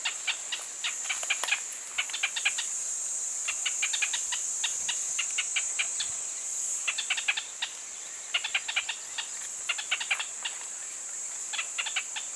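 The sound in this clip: Pinto's spinetail sounds repeated runs of crisp, staccato notes in several bursts, set against a continuous shrill insect hum.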